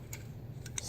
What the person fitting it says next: clicks into place